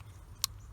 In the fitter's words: there's the click all right so our test will be start the car check for any fuel leaks up top here